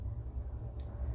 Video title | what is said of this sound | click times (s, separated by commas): Shave with a mental health chat and where im functioning mentally! | Pull to there, you hear the click. | 0.8 s